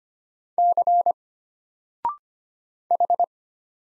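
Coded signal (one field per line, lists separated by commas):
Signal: Morse code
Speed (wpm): 25 wpm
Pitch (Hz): 700 Hz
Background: none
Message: C H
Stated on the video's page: Morse drill of single letters at 25 wpm, each sent, then spoken after a 0.6-second pause, then sent again, for instant character recognition.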